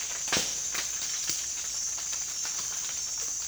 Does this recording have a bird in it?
no